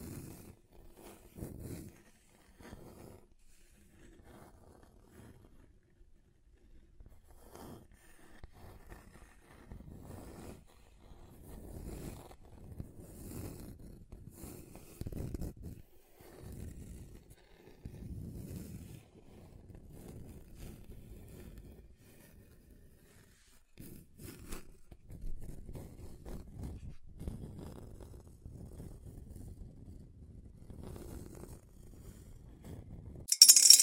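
Scratching on a table, a series of short, rough scrapes that start and stop irregularly throughout, mostly low and dull with some brighter edges. Strokes come in quick bursts with brief pauses between them, and a sharp, louder bright scrape ends the clip.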